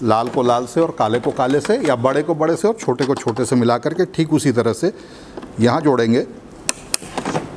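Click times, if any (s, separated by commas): 6.7 s, 6.9 s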